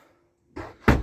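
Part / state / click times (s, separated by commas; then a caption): washroom door latch in motorhome bathroom / seated / 0.9 s. In the bathroom/washroom of a Laika Ecovip 3019 motorhome, the washroom door swings shut with a soft rustling sweep from about 0.55 s. It then gives a single sharp knock at 0.9 s as the door latches and locks in place.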